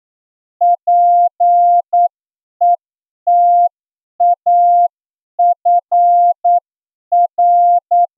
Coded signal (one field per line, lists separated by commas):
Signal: Morse code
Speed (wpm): 9 wpm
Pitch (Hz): 700 Hz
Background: none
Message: PETAFR